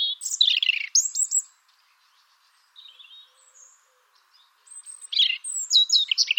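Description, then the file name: European robin with a loud tumbling phrase of high twitters, a quiet gap holding only faint soft notes, then another bright, jangling burst. "Erithacus rubecula"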